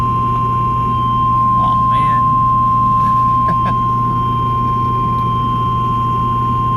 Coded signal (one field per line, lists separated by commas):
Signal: Emergency Alert System (SAME) tones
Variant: 1050 Hz attention tone